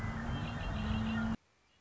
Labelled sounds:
Red-winged Blackbird
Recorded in Sonoma County, California

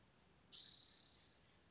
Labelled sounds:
Spotted Towhee
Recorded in Sonoma County, California

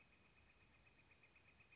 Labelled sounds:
Northern Flicker
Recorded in Sonoma County, California

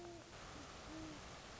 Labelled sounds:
Great Horned Owl
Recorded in Sonoma County, California

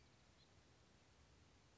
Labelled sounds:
House Finch
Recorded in Sonoma County, California

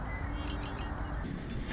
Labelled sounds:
Red-winged Blackbird
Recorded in Sonoma County, California

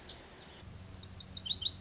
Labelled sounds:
Lazuli Bunting
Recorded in Sonoma County, California

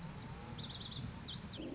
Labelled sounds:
Lazuli Bunting
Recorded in Sonoma County, California

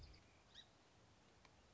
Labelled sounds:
Song Sparrow
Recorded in Sonoma County, California

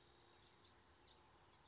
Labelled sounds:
House Finch
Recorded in Sonoma County, California

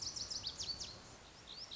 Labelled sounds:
Lazuli Bunting
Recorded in Sonoma County, California

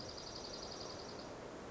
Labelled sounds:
Dark-eyed Junco
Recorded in Sonoma County, California

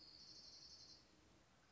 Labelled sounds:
Orange-crowned Warbler
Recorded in Sonoma County, California

